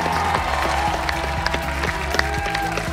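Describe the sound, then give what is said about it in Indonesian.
Steady applause from a crowd, a dense patter of clapping that continues for the whole three seconds over music with a regular beat. “Salam tepuk tangan dong.”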